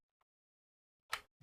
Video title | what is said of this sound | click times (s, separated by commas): Sunday LIVE : Sony ICF-SW800 repair | goes in there that clicks in place | 1.1 s